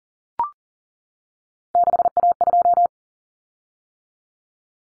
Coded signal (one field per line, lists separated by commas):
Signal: Morse code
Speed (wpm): 40 wpm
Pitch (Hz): 700 Hz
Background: none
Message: 6A2